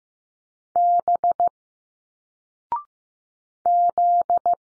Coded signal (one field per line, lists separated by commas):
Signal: Morse code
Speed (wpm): 15 wpm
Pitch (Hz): 700 Hz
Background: none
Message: B Z